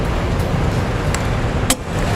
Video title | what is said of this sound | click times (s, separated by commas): 2019 Ford Explorer Trailer Hitch Installation | make sure that you keep going until you hear the little click there | 1.7 s